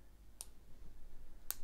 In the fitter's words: ist es eingerastet so gut